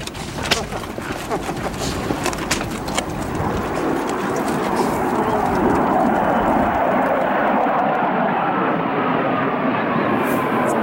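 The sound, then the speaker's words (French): A loud, steady jet roar builds and holds as Mirage F-16 military jets fly over a nature reserve next to a military zone during a film shoot, a broad rumbling wash that drowns out everything else, with a few faint clicks early on. “Aïe, la réserve naturelle n'est pas si déserte que ça, enfin, surtout dans les airs. On est en fait juste à côté d'une zone militaire.”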